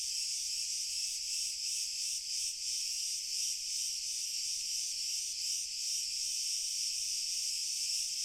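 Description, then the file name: Chorus of crickets, shrill overlapping trills forming a continuous high buzz with rhythmic throbbing, steady throughout. Pure cricket chorus, slowly increasing in intensity. "Grillen Chor Pur Steigerung Langsam"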